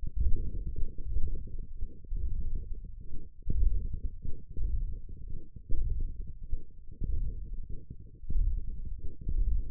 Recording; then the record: forearm muscle sounds (acoustic myography)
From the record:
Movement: ulnar deviation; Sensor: system 1, eight BSWA MPA416 microphones around the upper forearm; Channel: 7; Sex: male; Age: 23 years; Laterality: right